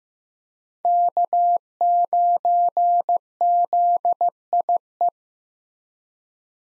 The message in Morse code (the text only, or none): K9ZIE